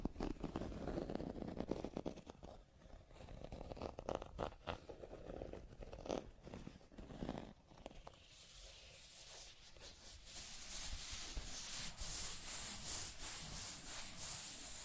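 Scratching and tracing sounds, with dense rough strokes in the first eight seconds, marked by repeated sharp scrapes around two, four, six and seven seconds. After that the low rasping fades and a thinner, brighter hiss of light scratching takes over, rising slightly toward the end.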